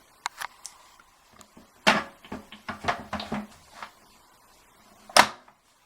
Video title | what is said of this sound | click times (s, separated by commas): How to Install a Bidet. | Yeah, and it clicked right in. | 5.2 s